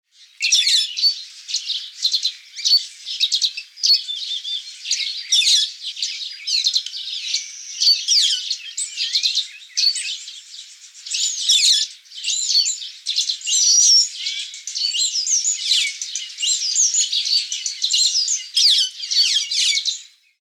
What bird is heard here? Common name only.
White-headed Buffalo-Weaver